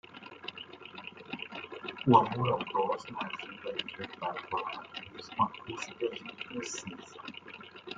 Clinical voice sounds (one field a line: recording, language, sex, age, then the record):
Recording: spoken sentence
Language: Brazilian Portuguese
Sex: male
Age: 50 to 59 years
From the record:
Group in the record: control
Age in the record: 59 years